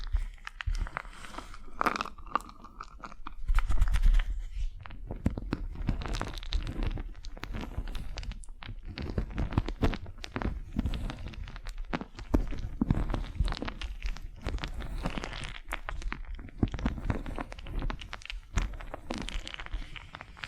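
Wax facial spa treatment sounds: dense, irregular clicks, crackles and soft sticky taps run throughout, bright and crisp with a thin low rumble underneath. Around the four-second mark a louder burst of crunchy handling stands out before the busy tapping settles back to a steady level.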